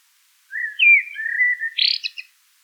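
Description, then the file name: Eurasian blackbird song: a mellow fluted warble sliding around mid pitch, ending in a brief burst of high, scratchy twittering notes. "Turdus merula"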